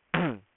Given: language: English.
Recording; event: throat vibration sensor signal played as sound; throat clearing